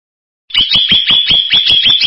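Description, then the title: Bird song: a fast, steady trill of repeated sharp notes, roughly five per second, holding one high pitch, with no other sounds. "burung"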